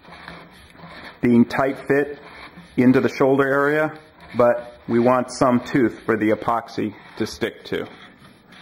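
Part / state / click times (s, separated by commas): plastic ring into nose cone shoulder / not seated / none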